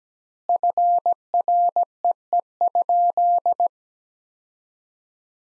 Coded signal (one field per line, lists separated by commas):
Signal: Morse code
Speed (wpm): 17 wpm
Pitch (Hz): 700 Hz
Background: none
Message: FREE?